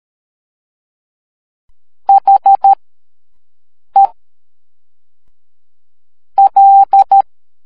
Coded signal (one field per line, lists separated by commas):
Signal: Morse code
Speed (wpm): 13 wpm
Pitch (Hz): 790 Hz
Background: none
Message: HEL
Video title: Group Project Animation - Morse Code